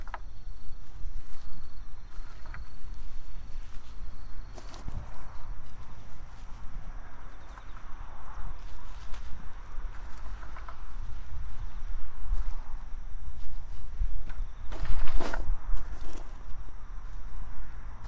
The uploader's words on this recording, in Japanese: 秋の、日が暮れ始めた16時過ぎ、ニンニクの定植。台風が南遠くから近づいてきている。曇り空の空気の少し重たい夕暮れ。穴あきマルチに棒で穴を開け、1片ずつニンニクを入れたあと、土をかけていく。虫や鳥が鳴き、遠くで車が行き交い電車が時折通る。秋の夕方 ニンニクの定植。